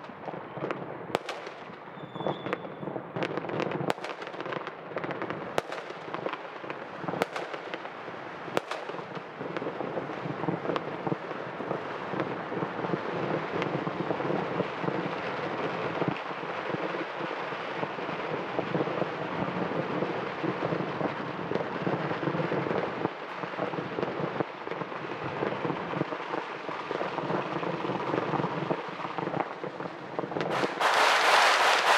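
Fireworks and firecrackers go off in a dense, continuous crackling barrage, with sharper bangs standing out every second or so in the first ten seconds. The rattle stays thick and steady throughout, then turns louder and brighter in the final two seconds.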